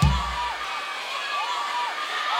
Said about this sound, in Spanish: Los aplausos fuerte